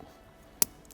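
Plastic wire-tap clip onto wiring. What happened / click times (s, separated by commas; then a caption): The wire-tap clip snapped shut / 0.6 s. A plastic wire-splice clip is snapped shut over the wiring of a 2029 Cupra Ateca during a towbar and electronics kit installation. A single sharp, bright snap is heard at 0.6 s, followed by a few faint ticks near 0.9 s, and the clip is closed and seated.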